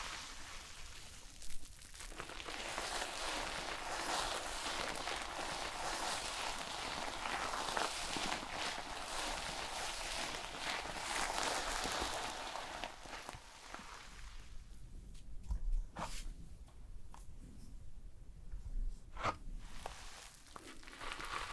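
Dense, bright lathering hiss from shampooing fills most of the first half, then gives way to sparser, sharp brushing strokes near the end.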